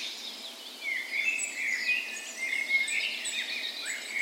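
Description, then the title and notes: Birds in a dawn chorus, overlapping twitters and whistled warbles growing louder after the first second. Dawn chorus in a park west of Bergen, Norway, on the morning of 17 May, Norway's National Day, in spring; recorded on a Sony PCM A10 with LOM micro Usi mics used as 'tree ears'. "17th Of May Dawn Chorus. Recorded on the morning of Norways National Day the 17th of May in a park west in Bergen. Spring is in full effect, and the dawn chorus sounds wonderful!"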